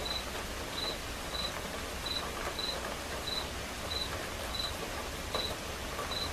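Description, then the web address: Steady cricket chirping, quick high pulses repeated throughout, while quiet rain hisses in the background. Crickets chirping as accompaniment to a quiet rain. "som de chuva silenciosa com acompanhamento de grilos"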